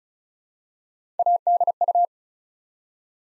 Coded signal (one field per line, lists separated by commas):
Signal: Morse code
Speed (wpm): 36 wpm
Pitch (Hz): 700 Hz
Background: none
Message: ADU